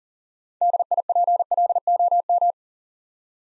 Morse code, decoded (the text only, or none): DIPLOM